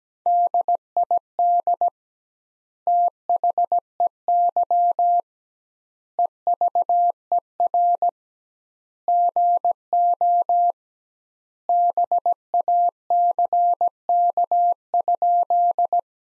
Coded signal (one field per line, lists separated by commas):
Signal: Morse code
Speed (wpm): 17 wpm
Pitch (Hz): 700 Hz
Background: none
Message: DID THEY EVER GO BACK?